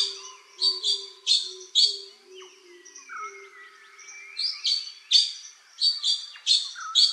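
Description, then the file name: Blue magpie: rapid series of harsh, buzzy blue magpie calls, pausing midway before resuming, over soft whistles and a low droning note. "Blue-Magpie from-Habitat-Edition-2017"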